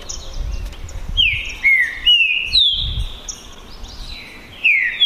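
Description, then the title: Green-winged saltator song: mostly falling slurred whistles, several phrases separated by short gaps, with low background rumble. Two birds in a song contest during the 2022 season, chirping, singing and giving assertive male song in the dispute. "TRINCA Piando, Cantando E Macheando Na DISPUTA. ISSO SIM!! É UMA DISPUTA DE TRINCA FERRO PERFEITA!! NAVAL VS DEMOLIDOR 2022! TEMPORADA 2022!"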